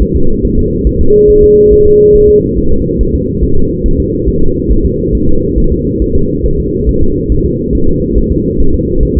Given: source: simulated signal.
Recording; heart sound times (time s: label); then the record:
fetal heart sounds
0.03 s: S1
0.17 s: S2
0.45 s: S1
0.59 s: S2
0.87 s: S1
1.01 s: S2
1.30 s: S1
1.44 s: S2
1.73 s: S1
1.87 s: S2
2.16 s: S1
2.30 s: S2
2.58 s: S1
2.72 s: S2
3.01 s: S1
3.15 s: S2
3.43 s: S1
3.58 s: S2
3.86 s: S1
4.00 s: S2
4.29 s: S1
4.43 s: S2
4.71 s: S1
4.86 s: S2
5.15 s: S1
5.29 s: S2
5.58 s: S1
5.72 s: S2
6.02 s: S1
6.16 s: S2
6.46 s: S1
6.60 s: S2
6.89 s: S1
7.03 s: S2
7.32 s: S1
7.46 s: S2
7.75 s: S1
7.89 s: S2
8.18 s: S1
8.32 s: S2
8.60 s: S1
8.75 s: S2
9.03 s: S1
9.17 s: S2
From the record:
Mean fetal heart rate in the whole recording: 140 bpm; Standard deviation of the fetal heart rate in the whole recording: 2 bpm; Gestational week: 34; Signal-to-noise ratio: -19.1 dB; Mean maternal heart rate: 72 bpm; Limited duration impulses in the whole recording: present